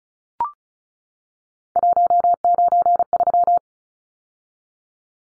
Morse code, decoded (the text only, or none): 193